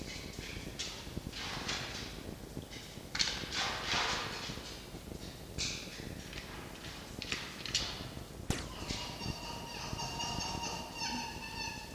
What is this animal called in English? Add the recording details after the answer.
Red Fox. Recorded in captivity. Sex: male. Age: adult. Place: Zoologisches Institut der HUB, Berlin, DE. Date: 1952-04-03 19:30. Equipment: Elmetra. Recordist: Tembrock, Günter